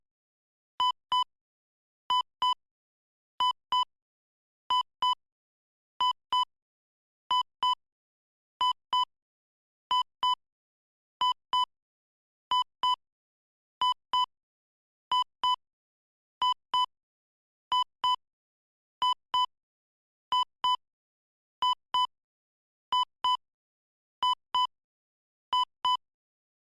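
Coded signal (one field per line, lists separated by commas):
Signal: none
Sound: heart monitor beeps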